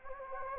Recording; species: mosquito wingbeat signal from an infrared sensor; Anopheles gambiae